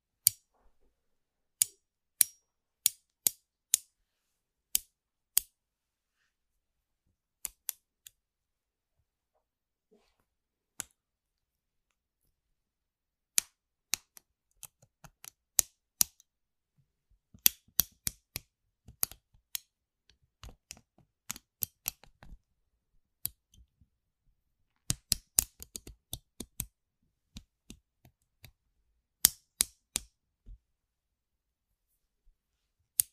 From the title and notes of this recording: 13 different triggers with simple things but big sounds that I find around the house.